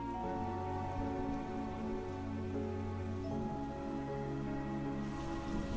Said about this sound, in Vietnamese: đang bị nước mưa đang từ trên trời từ từ trút xuống hòa tan thành một cái thứ dung dịch be bét nhờ nhờ trắng.